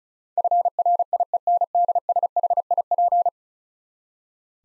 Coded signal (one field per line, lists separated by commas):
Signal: Morse code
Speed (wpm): 36 wpm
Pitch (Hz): 700 Hz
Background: none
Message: FRIENDSHIP